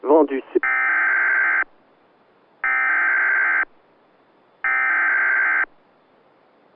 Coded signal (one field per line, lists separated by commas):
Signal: Emergency Alert System (SAME) tones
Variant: header bursts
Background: speech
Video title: MANITOBA WANNA STORM | EAS Alerts from 7/19/2022 (EAS #1431-1435)